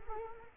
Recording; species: mosquito wingbeat signal from an infrared sensor; Culex quinquefasciatus